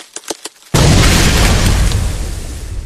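A few sharp cracks snap out, then a sudden, loud crash of breaking ice bursts in and rumbles on, fading only slightly over the next two seconds.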